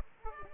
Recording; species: mosquito wingbeat signal from an infrared sensor; Culex pipiens